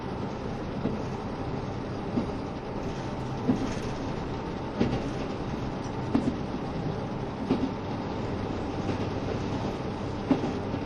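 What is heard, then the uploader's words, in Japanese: Running sound aboard a KiHa 72 Yufuin no Mori diesel train: a steady low rumble with rhythmic rail-joint clacks roughly every second or so. 配信は、JR九州キハ72系 ゆふいんの森06号02 うきは～博多です。走行音。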